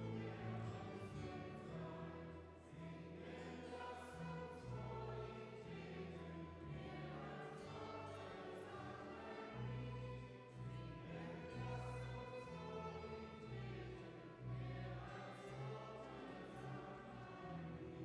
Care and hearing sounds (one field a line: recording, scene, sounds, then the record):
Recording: everyday scene through a hearing-aid microphone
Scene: reverberant space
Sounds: music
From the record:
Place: church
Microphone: behind the ear, right, rear